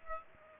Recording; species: mosquito wingbeat signal from an infrared sensor; Aedes aegypti